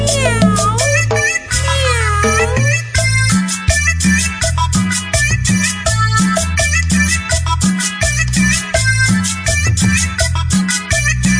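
A kitten meows over and over in loud, high-pitched, wavering cries, layered over a steady, thumping low bass pulse that runs through the whole stretch.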